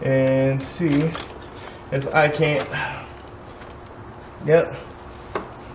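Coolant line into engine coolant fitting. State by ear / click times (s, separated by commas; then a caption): seated / 5.4 s. A replacement coolant line is shoved into its fitting on the engine while someone talks. A single sharp click is heard at 5.4 s as the line seats in the fitting.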